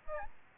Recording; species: mosquito wingbeat signal from an infrared sensor; Aedes albopictus